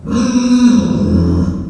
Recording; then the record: squeal of a Yucatan mini pig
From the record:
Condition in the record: after surgery on the right vocal fold (resection and tissue-engineered implant); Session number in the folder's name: 10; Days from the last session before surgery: 86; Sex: female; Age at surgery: 19 weeks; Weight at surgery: 25 kg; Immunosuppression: prednisolone